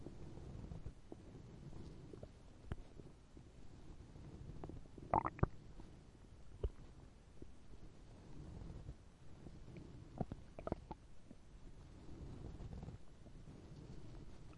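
Soft, continuous low rumbling with brief gurgling bursts near five seconds and again around ten to eleven seconds. This is stomach growling (borborygmi) from an empty stomach, a normal hunger sound, from an adult.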